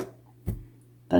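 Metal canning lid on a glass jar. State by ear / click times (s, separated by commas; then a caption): not seated / none. A metal lid on a processed glass canning jar of pickles is pressed, and it flexes with short pops, a brief burst near 0.5 s and a louder one near 1.1 s, over a low steady hum. The lid does not stay sucked down, showing the jar failed to seal, and nothing has seated or clicked into place.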